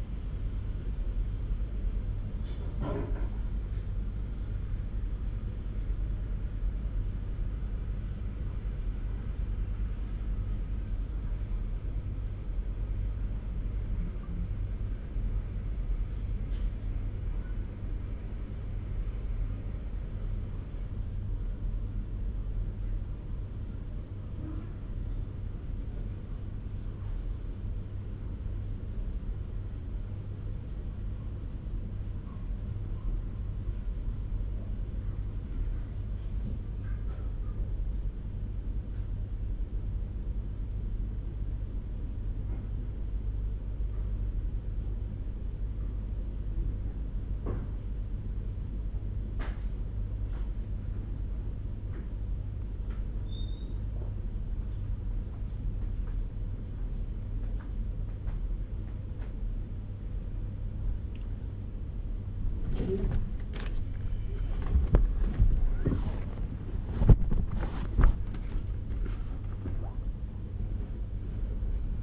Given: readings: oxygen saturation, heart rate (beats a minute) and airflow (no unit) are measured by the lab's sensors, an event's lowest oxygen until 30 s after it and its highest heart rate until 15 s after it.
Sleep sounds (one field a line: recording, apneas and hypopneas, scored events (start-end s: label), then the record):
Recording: a person awake in a sleep study, by a smartphone at the bedside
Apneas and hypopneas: none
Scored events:
0.00-72.03 s: awake
From the record:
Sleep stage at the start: awake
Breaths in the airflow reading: 24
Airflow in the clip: -0.6 to 0.7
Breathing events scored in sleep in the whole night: 201 in 6.5 hours asleep